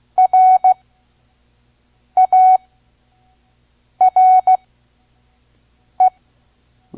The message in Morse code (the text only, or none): RARE